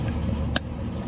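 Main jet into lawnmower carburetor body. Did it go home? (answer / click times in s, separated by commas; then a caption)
yes / 0.6 s. A main jet is pushed into the carburetor body of an MTD lawnmower until it clicks into place. Over a steady low rumble, one sharp click is heard at 0.6 s, and the jet is confirmed seated.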